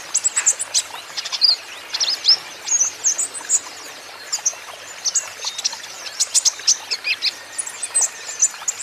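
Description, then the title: Van Hasselt's sunbird singing thin, high chips and twitters in an uneven, continuous stream over faint hiss. Caged young green-plumaged (konin ijoan) kolibri ninja in energetic (gacor) song; used as a lure and for training so untrained konin birds answer. "KOLIBRI NINJA KONIN IJOAN GACOR COCOK UNTUK PANCINGAN TERAPI KONIN BAHAN PASTI NYAUT"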